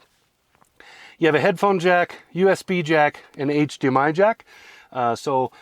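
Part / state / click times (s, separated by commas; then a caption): rear entertainment screen tilting into its detent in the front seatback / seated / 0.8 s. In a 2023 Nissan Armada, a rear entertainment screen in the front seatback is released and tilted until it snaps into its detent at 0.8 s so it doesn't wobble, after two faint ticks. Someone then talks for the rest of the clip.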